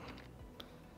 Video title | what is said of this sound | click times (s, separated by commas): FX Impact Regulator Maintenance : FX Airguns (6/7) | And when you press in, you hear a little snap. It doesn't want to go in anymore. | 0.6 s